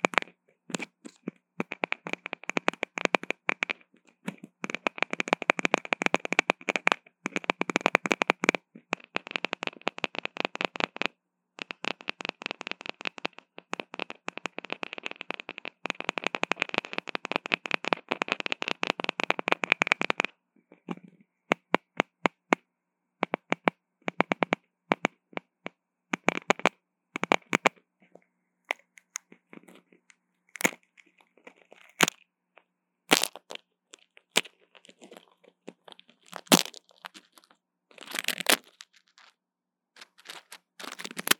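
A microphone cable is handled and fiddled with in various ways, giving dense bursts of rapid crackling and rustling clicks for the first twenty seconds. After that the handling thins out into scattered clicks and short rubs, with sharp snapping taps near the end.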